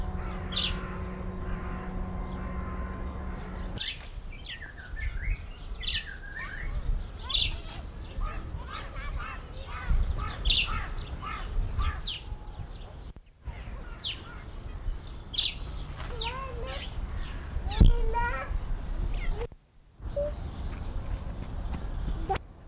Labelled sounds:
Arabian Golden Sparrow (Passer euchlorus) call
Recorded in captivity
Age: adult
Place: Zoo Berlin, Berlin, DE
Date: 1994-04-02 12:04
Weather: wolkig bis heiter, 8-10°C
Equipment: Marantz CP 430, Sennheiser ME 80, Kopie Uher Variocord 263
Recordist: Tembrock, Günter

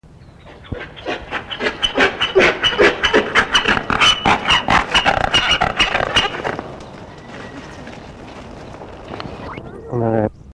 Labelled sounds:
Onager (Equus hemionus) call
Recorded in captivity
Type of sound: call sequence
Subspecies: hemionus
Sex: male
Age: adult
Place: Zoo Halle, Sachsen-Anhalt, DE
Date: 1965-10-23
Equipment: Telefunken Magnetophon 300, Transistorverstärker 2, Sennheiser MD 421, Kopie Smaragd
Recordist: Tembrock, Günter
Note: Dschiggetai (Mongolischer Halbesel), hier als Onager (Equus hemionus onager) beschrieben. Rufreihe nach Umsperren. Abstand: 5-10 m. Aufnahmezeit: 14.00-17.00 Uhr

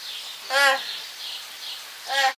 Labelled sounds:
Gelada (Theropithecus gelada)
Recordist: Tembrock, Günter
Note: Kurzlaute eines Weibchens

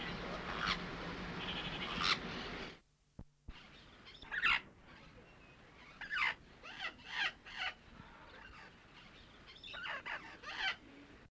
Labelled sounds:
Olive-throated Parakeet (Aratinga nana) call
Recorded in captivity
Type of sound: call
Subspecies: aztec
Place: Vogelpark Walsrode, Niedersachsen, DE
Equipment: Halbspur, 9,5 cm/s
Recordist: Lütgens, Hans
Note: Rufe

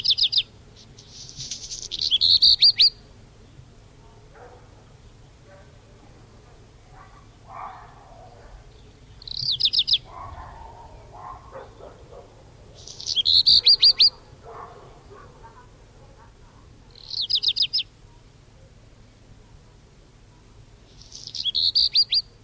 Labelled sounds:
Black Redstart (Phoenicurus ochruros) song
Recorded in the wild
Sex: male
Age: adult
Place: Feldberg - Koldenhof, Mecklenburgische Seenplatte, Mecklenburg, DE
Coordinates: 53.3325, 13.3436
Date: 1976-06-14 20:20
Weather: ca. 16 °C
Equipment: Uher CR 210, Sennheiser MD 421 HL, Verstärker, Reflektor, Kopie Uher 4200
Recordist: Tembrock, Günter

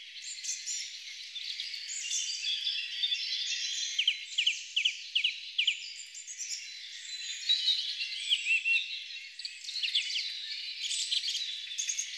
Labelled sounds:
Song Thrush (Turdus philomelos) song
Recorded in the wild
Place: Waltershofen / Freiburg im Breisgau, Baden-Württemberg, DE
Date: 1996-05-12
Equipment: Dat-Recorder Casio DA 7, Telinga DAT, Telinga-Parabolspiegel
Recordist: Schwarz, Dieter

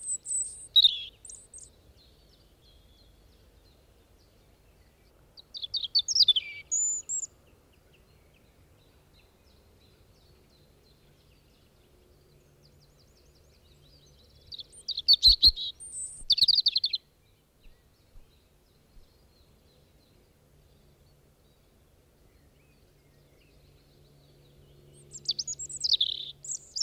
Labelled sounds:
European Robin (Erithacus rubecula) song
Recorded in the wild
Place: Beyenburger Stausee, Nordrhein-Westfalen, DE
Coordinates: 51.25, 7.3
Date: 1995-04-14
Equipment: Sony WM-D6C
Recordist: Skiba, Reinald

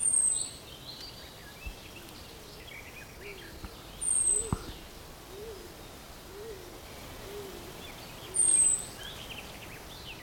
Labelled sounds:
European Robin (Erithacus rubecula)
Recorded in the wild
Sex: male
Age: adult
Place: Mühlenbeck, Brandenburg, DE
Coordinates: 52.667, 13.37
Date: 1992-05-23 13:04
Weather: 23-24°C, böiger Wind
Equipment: Nagra SN, Mikrofon AKG CK 8, Kopie Tesla B 116
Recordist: Tembrock, Günter

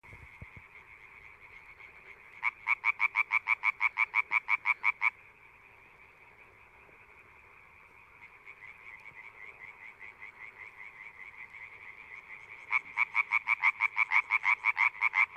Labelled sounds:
Common Tree Frog (Hyla arborea) call
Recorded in the wild
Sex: group
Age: adult
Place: Kützerhof, Kummerower See, Mecklenburg-Vorpommern, DE
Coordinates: 53.8519, 12.8739
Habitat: wetland
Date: 2008-04-29 23:09
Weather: Nieselregen, 15°C
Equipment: Zoom H2
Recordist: Frommolt, Karl-Heinz
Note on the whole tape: Straße zwischen Aalbude und Kützerhof: Rufe von mehreren Laubfröschen

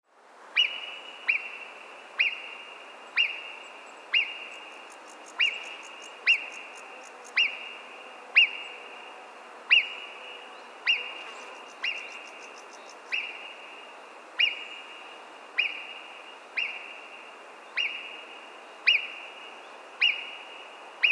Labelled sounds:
Alpine Marmot (Marmota marmota)
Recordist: Frommolt, Karl-Heinz
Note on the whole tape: Warnrufe

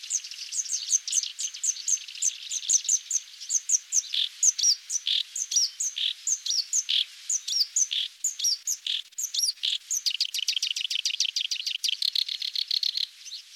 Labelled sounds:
Black-browed Reed Warbler (Acrocephalus bistrigiceps) song
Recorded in the wild
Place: Zha Long NSG, CN
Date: 1996-06-06
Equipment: Dat-Recorder Casio DA 7, Telinga DAT, Telinga-Parabolspiegel
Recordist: Schwarz, Dieter
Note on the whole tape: Song

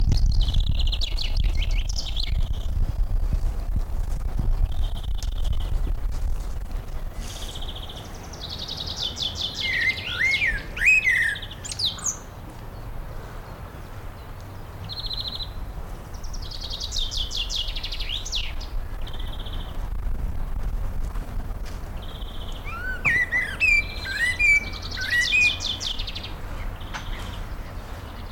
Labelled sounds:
Common Chaffinch (Fringilla coelebs)
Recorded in the wild
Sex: male
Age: adult
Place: Lychen, Brandenburg, DE
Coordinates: 53.21, 13.32
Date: 1995-04-22 17:24
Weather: heiter, 23°C, böiger Wind
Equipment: Marantz CP 430, Sennheiser ME 80, Kopie Uher 4000 Report Monitor
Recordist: Tembrock, Günter

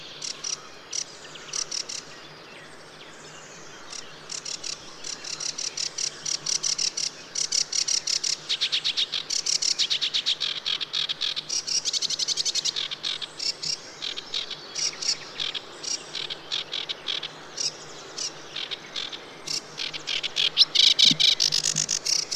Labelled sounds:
Sedge Warbler (Acrocephalus schoenobaenus) song
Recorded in the wild
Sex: male
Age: adult
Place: Teerofenbrücke, Nationalpark Unteres Odertal, Brandenburg, DE
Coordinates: 53.1336, 14.3503
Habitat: riverine vegetation
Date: 2001-05-05
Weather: overcast, ca. 10°C, light winds
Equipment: Sony TCD-D7, Telinga Pro 5
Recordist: Frommolt, Karl-Heinz

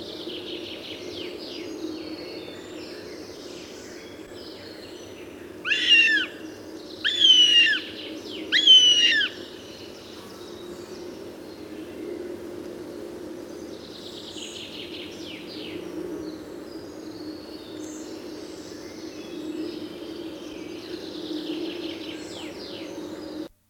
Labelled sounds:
Northern Goshawk (Accipiter gentilis) call
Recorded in the wild
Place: Glowe, Insel Rügen, Mecklenburg-Vorpommern, DE
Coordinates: 54.577, 13.442
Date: 1975-07-07
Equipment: Nagra III BH, Sennheiser MD 21, parabola
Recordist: Schubert, Michael

